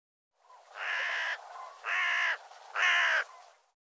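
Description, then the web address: Bird uttering three drawn-out, hoarse caws at a steady pace, each about half a second long. "cianscape birddata"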